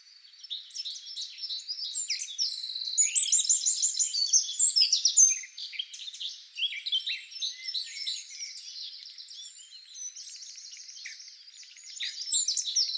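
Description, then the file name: Eurasian wren song: long stretches of high, fast trills and twittering that overlap and continue throughout, with a fresh loud burst near the end. "Troglodytes troglodytes"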